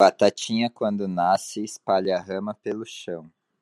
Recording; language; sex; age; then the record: short text; Brazilian Portuguese; male; 30 to 39 years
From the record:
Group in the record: control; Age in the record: 33 years